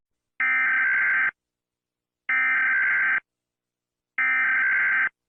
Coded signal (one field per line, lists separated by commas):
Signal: Emergency Alert System (SAME) tones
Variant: header bursts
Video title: Mr Incredible Becoming Uncanny Eas Alerts (REUPLOAD)